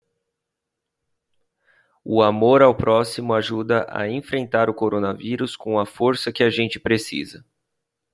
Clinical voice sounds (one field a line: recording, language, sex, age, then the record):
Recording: spoken sentence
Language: Brazilian Portuguese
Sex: male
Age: 20 to 29 years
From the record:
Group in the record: control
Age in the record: 29 years